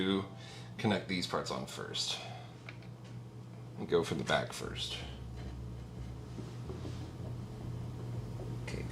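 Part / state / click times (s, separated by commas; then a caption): plastic panel into filament dryer housing / seated / 8.7 s. A plastic housing panel is fitted back-first into a filament dryer housing during assembly. Someone talks through the steps over a steady low hum, then a single short snap is heard at 8.7 s as the panel seats in place.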